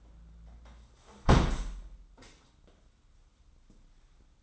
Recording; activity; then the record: daily activity, microphone in the room; close window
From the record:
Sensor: 3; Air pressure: 994.3 hPa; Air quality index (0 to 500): 207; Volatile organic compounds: 1000 ppm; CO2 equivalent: 6926 ppm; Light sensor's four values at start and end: 100/234/95/88 and 94/223/90/82